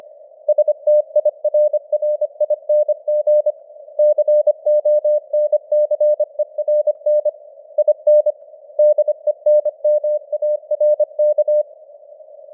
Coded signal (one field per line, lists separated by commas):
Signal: Morse code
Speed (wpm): 25 wpm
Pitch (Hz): 600 Hz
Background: none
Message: STIRRING CONCERN IN DENMARK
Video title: Morse Code News | 2025-12-22 | 25wpm